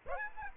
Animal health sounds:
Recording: mosquito wingbeat signal from an infrared sensor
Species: Aedes aegypti

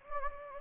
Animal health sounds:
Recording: mosquito wingbeat signal from an infrared sensor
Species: Anopheles gambiae

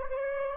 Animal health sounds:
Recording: mosquito wingbeat signal from an infrared sensor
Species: Anopheles gambiae

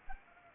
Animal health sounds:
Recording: mosquito wingbeat signal from an infrared sensor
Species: Anopheles arabiensis

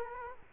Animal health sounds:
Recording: mosquito wingbeat signal from an infrared sensor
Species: Culex quinquefasciatus

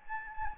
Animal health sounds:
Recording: mosquito wingbeat signal from an infrared sensor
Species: Anopheles gambiae

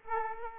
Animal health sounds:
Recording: mosquito wingbeat signal from an infrared sensor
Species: Aedes aegypti

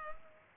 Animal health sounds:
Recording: mosquito wingbeat signal from an infrared sensor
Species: Culex pipiens

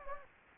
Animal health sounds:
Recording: mosquito wingbeat signal from an infrared sensor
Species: Anopheles gambiae

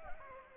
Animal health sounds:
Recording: mosquito wingbeat signal from an infrared sensor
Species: Anopheles arabiensis

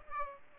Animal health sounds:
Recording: mosquito wingbeat signal from an infrared sensor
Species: Aedes aegypti

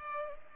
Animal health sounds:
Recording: mosquito wingbeat signal from an infrared sensor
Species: Culex pipiens

